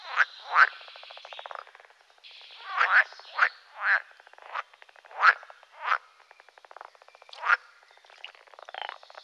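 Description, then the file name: Pool frog croaking in several short loud bursts, separated by softer rapid pulsed rattles. "grenouille de lessona"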